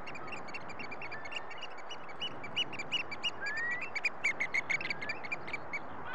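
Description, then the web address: Eurasian oystercatcher calls: a few thin rising slurred whistles, with a skylark's continuous high twittering song over constant low hiss. Calls, recorded together with a skylark. "BBC Sound Effects Library. Oystercatcher"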